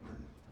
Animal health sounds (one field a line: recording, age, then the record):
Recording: pig call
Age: growing-finishing pig (85 days or more)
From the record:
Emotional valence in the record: positive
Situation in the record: run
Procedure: transit